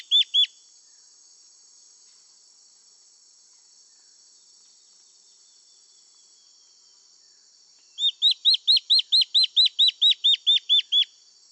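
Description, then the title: Black-faced antbird song: a short burst of high, sharp notes, a long pause, then a steady series of about a dozen clear descending whistled notes, evenly spaced. Subspecies ochrolaemus, assumed from location. "LuckyPassaro Completos2Sama. Black-faced Antbird (Myrmoborus myotherinus ochrolaemus (ssp assumed from location))"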